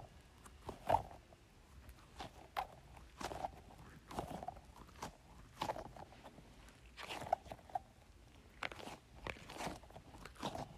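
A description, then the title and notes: A squishy goo ball is squeezed repeatedly, giving wet squelches and crackly pops roughly every half second with faint hiss between. ASMR Squeezing a Squishy Goo Ball.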